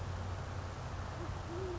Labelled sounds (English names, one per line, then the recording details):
Band-tailed Pigeon
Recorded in Sonoma County, California